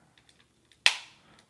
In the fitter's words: snaps into place pretty firmly so now you can kind of already see where we're getting to here so pretty cool there